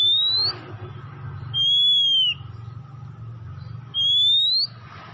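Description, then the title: Oriental magpie-robin giving long, pure whistles, each under a second, repeated roughly every two seconds over a low background rumble. Tretes; singing vigorously (gacor). "Kacer Tretes Gacor"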